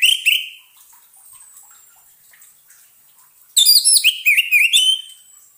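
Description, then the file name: Orange-headed thrush song: a couple of whistles at the start, a pause of about three seconds, then a rich rapid run of slurred whistled notes. Song therapy for an orange-headed thrush (anis merah) that has stopped singing (macet bunyi). "terapi suara anis merah macet bunyi"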